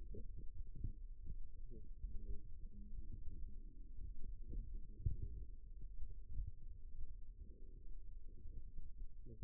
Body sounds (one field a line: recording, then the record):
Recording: forearm muscle sounds (acoustic myography)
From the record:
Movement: rest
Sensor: system 2, bracelet of six BSWA MPA416 microphones around the upper forearm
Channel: 3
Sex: male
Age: 22 years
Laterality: right